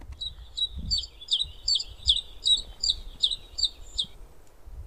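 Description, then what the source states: Common Chiffchaff song: a steady series of many high, sharp notes over low background noise. Played back from a bird-sound book; the song gives the bird its name.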